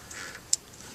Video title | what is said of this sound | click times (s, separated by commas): repinning ford connectors | should be able to hear them click once | 0.5 s